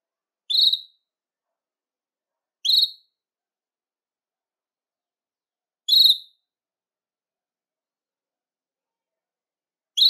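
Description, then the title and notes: Belgian canary giving short, sharp, high chirps, single notes spaced about two to four seconds apart with silence between them. "Canario Belga, nyonyastudio"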